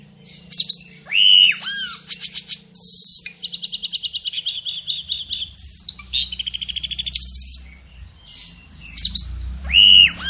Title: Burung Cucak Keling Gacor Full Isian Teler